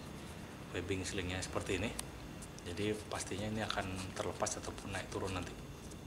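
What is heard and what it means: A climbing foot ascender (patin) is being handled for fitting onto the webbing loop built into a safety shoe, and someone talks throughout. Nothing has seated or clicked yet; the ascender has not locked onto the shoe by the end of the clip.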